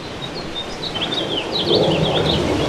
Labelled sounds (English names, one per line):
House Finch song